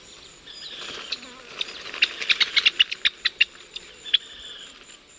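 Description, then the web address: Gray-breasted crake calls: a quick, uneven run of sharp, high clicking notes that bunch together in the middle, over a steady high insect drone. Ecuador. "Birds of Ecuador. Gray breasted Crake"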